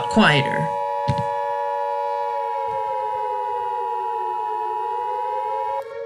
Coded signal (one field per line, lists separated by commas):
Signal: Emergency Alert System (SAME) tones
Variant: 853 and 960 Hz attention tone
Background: speech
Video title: Top 7 Scariest Sirens Used in EAS Videos